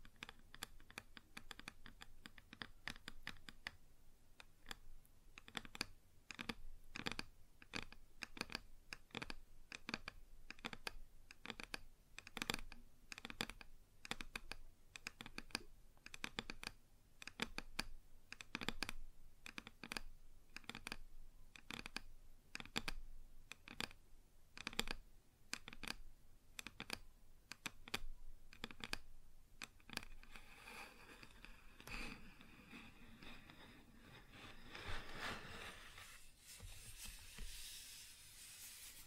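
Fingers tap on a wooden surface in quick, uneven bursts of sharp clicks, fairly dense and bright, through the first half minute. Around thirty seconds the tapping gives way to rough, hissing scratching strokes that continue to the end.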